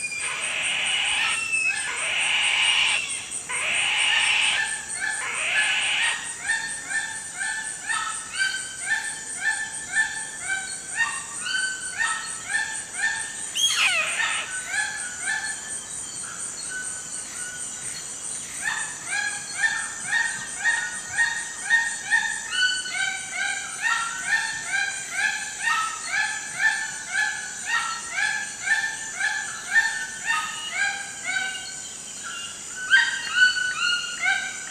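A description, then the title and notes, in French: A walk through the forest: a steady high insect whine under dense, rhythmic chirping calls, with a sharp rustle near fourteen seconds. Avancée en forêt. Tauary, petit village au coeur de la forêt amazonienne.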